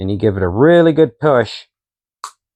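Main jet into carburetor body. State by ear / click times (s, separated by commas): seated / 2.2 s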